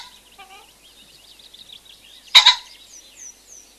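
Common pheasant uttering a single abrupt, rasping two-syllable crow midway, amid quiet chirps and whistles of other birds.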